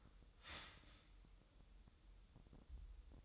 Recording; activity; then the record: daily activity, microphone in the room; start toaster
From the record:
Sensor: 3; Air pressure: 988.6 hPa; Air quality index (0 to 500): 194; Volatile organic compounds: 296 ppm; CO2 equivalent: 4473 ppm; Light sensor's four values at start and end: 23/72/30/26 and 23/72/30/26